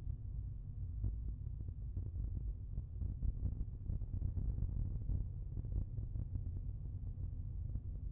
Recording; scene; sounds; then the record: everyday scene through a hearing-aid microphone; in a vehicle; engine, rumble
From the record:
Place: Skoda Fabia, gasoline engine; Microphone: behind the ear, left, front